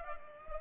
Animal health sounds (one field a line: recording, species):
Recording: mosquito wingbeat signal from an infrared sensor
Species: Culex pipiens